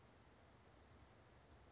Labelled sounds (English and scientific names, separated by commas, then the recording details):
Western Flycatcher (Empidonax difficilis)
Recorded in Sonoma County, California